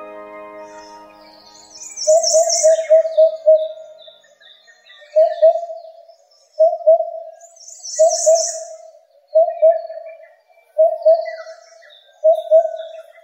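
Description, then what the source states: Oriental cuckoo singing a steady run of deep, soft 'po-po' hoots in short groups, while other birds add high chirps and trills in the background. Recorded on Miyake-jima, Tokyo, Japan.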